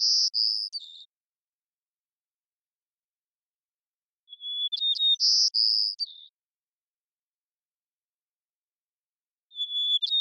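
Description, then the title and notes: White-crowned sparrow song repeated roughly every five seconds: whistled start, quick sharp notes, buzzy trills dropping at the close, with silence between phrases. Long performance of repeated song in the Pacific Northwest, Washington, United States; parabolic microphone. "White-crowned Sparrow, Zonotrichia leucophrys, long performance with repeated song, parabolic recording. Recorded in the beautiful Pacific Northwest, Washington, United States"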